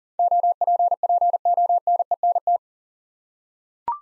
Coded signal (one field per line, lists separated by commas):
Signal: Morse code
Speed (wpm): 40 wpm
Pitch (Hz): 700 Hz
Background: none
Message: OPPONENT